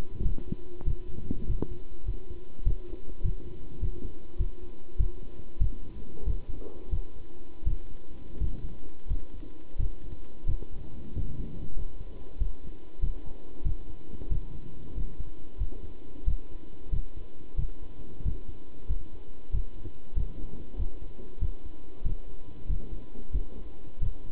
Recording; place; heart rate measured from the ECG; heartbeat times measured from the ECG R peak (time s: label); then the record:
heart sounds by stethoscope; between the tricuspid and mitral areas; 93 bpm
0.24 s: heartbeat
0.86 s: heartbeat
1.48 s: heartbeat
2.07 s: heartbeat
2.65 s: heartbeat
3.24 s: heartbeat
3.81 s: heartbeat
4.39 s: heartbeat
4.99 s: heartbeat
5.60 s: heartbeat
6.26 s: heartbeat
6.92 s: heartbeat
7.66 s: heartbeat
8.40 s: heartbeat
9.09 s: heartbeat
9.79 s: heartbeat
10.47 s: heartbeat
11.15 s: heartbeat
11.77 s: heartbeat
12.40 s: heartbeat
13.02 s: heartbeat
13.65 s: heartbeat
14.30 s: heartbeat
14.96 s: heartbeat
15.59 s: heartbeat
16.27 s: heartbeat
16.92 s: heartbeat
17.58 s: heartbeat
18.24 s: heartbeat
18.89 s: heartbeat
19.53 s: heartbeat
20.16 s: heartbeat
20.78 s: heartbeat
21.41 s: heartbeat
22.05 s: heartbeat
22.69 s: heartbeat
23.33 s: heartbeat
24.01 s: heartbeat
From the record:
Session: pedaling a stationary bicycle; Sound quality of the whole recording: good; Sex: male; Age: 27 years